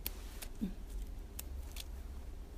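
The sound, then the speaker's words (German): Leaves being plucked by hand from washed, shaken-dry herb stems: a handful of quick, crisp little snaps and tears at irregular intervals, fairly soft, over a faint low background hum. “Dann werden die Blätter abgezupft. Zupfen, finde ich, dauert immer ganz schön lange.”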